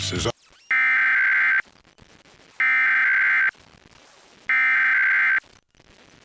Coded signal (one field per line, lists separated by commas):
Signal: Emergency Alert System (SAME) tones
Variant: header bursts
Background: speech